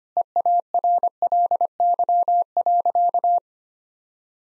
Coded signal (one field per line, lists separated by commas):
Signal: Morse code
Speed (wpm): 25 wpm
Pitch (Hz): 700 Hz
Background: none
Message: EARLY.